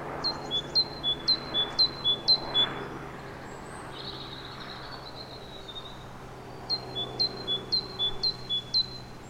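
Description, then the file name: Great tit song of ringing two-note phrases in a rapid series, a quiet gap with a faint high call, then another run of the same phrases; low hum underneath. "Parus major"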